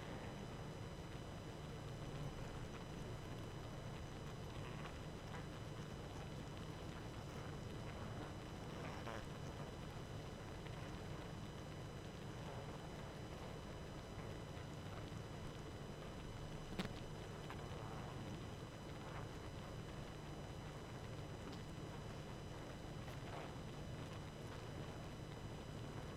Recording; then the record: honeybee colony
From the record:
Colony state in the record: active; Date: 12 June 2018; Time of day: 23:11